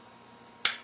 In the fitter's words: them on you'll actually heard that snap that's the two little guide pins from the transmission or the skid plate